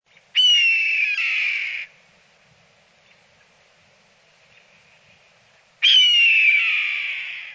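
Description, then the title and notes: Red-tailed hawk uttering two harsh, raspy screams about five and a half seconds apart, each slurring slightly downward, with a quiet background between them. "Laura Meyers Photograpy Red-tailed Hawk in Flight"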